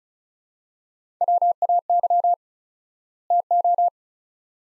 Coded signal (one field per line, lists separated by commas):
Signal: Morse code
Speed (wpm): 36 wpm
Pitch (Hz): 700 Hz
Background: none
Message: WAY TO